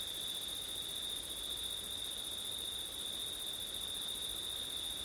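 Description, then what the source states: Steady, ringing cricket chorus, high and unbroken for the whole stretch. Crickets on a September night with wind; ORTF (ortif) recording.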